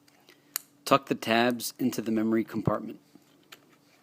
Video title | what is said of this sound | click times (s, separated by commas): How to install memory on an iMac 2011 | You'll hear a slight click when the memory module is seated correctly. | 0.6 s